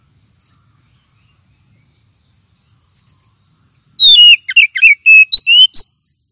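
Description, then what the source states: Oriental magpie-robin song: faint high notes at first, then a loud quick phrase of descending and rising whistled notes in the final two seconds. Champion singing bird.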